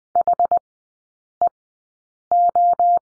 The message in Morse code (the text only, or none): HEO